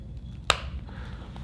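The height adjuster of a plastic Cervipedic cervical traction pillow is raised by one detent, giving a single sharp, bright click at 0.5 s over a low background hum. A much fainter tick follows near 1.4 s. The adjuster clicks into its first notch, setting the pillow half a line higher.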